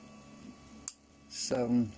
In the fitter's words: You could hear them clicking when I pull them off.